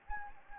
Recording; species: mosquito wingbeat signal from an infrared sensor; Anopheles gambiae